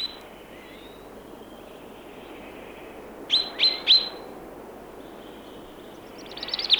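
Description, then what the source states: Chaffinch alarm calls: three sharp, high 'pink' notes given in quick succession midway through, over quiet background hiss. Alarm call, sounding like 'pink-pink'.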